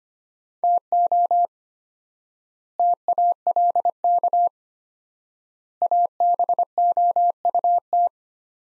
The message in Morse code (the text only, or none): TO TALK ABOUT